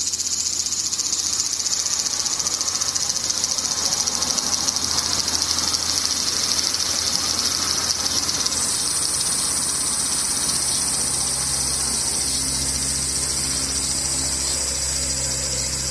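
Cicadas drone without a break for the whole clip, a dense, bright, shimmering buzz that stays level throughout. Around the eighth second a second, higher whine joins in and holds to the end. Underneath runs a low, steady hum, and faint tones surface near the close.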